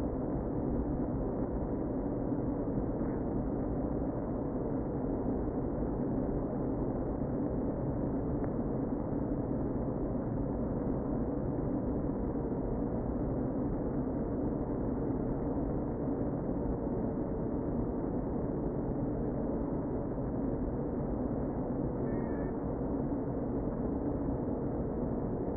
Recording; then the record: honeybee colony, microphone inside the hive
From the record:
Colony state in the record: queen present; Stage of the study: before two queens were removed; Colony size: about 60,000 bees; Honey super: yes